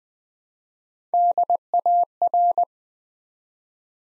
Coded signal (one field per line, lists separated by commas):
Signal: Morse code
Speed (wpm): 20 wpm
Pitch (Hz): 700 Hz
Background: none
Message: DAR